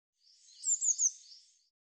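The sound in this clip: Bird song: a short, high, slightly blurred phrase of three quick notes, fading over about a second.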